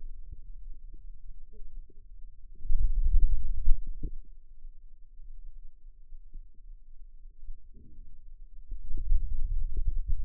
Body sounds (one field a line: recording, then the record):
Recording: forearm muscle sounds (acoustic myography)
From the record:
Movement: hand opening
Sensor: system 2, bracelet of six BSWA MPA416 microphones around the upper forearm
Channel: 4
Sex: male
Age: 22 years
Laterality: right